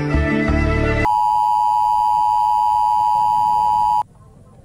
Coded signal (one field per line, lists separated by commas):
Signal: Emergency Alert System (SAME) tones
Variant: 853 and 960 Hz attention tone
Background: music